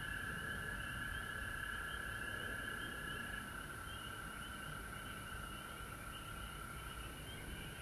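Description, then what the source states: Frog chorus with one louder high trill standing out for the first few seconds, then fading back into the steady background chorus. Frogs recorded at home in Georgia on March 19, 2020.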